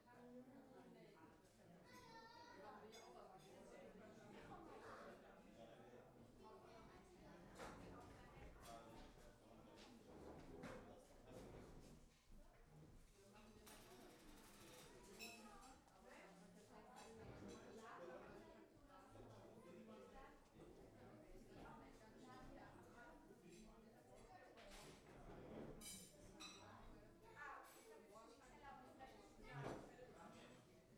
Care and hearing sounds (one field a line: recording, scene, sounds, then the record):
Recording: everyday scene through a hearing-aid microphone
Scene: many people talking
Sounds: many voices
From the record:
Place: parish hall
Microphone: behind the ear, left, rear